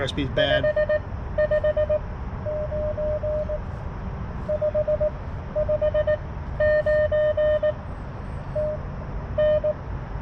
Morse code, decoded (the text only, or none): 559 559 TN